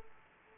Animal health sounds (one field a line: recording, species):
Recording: mosquito wingbeat signal from an infrared sensor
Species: Aedes aegypti